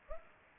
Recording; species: mosquito wingbeat signal from an infrared sensor; Aedes aegypti